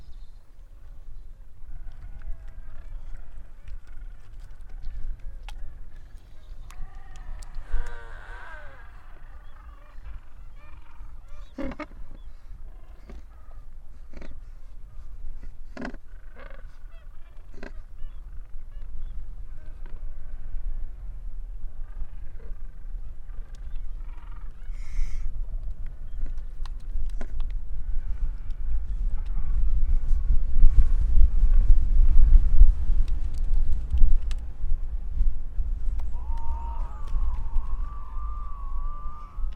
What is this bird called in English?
Gentoo Penguin